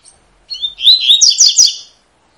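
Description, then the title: Double-collared seedeater song, one quick phrase of slurred whistles rising into rapid buzzy high chirps, lasting about one and a half seconds, clean and loud. Tui-tui song style, used as a tutor recording for teaching young birds to sing. "COLEIRO TUI TUI FIBRA CANTO PROFESSOR"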